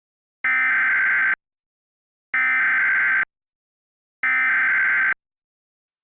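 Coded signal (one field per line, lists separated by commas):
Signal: Emergency Alert System (SAME) tones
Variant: header bursts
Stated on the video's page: Simulated Emergency Alert System alert, part of a fictional scenario series.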